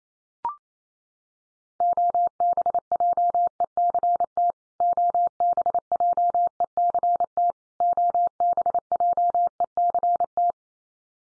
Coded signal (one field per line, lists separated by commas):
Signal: Morse code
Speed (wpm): 28 wpm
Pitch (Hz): 700 Hz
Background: none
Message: OBJECT OBJECT OBJECT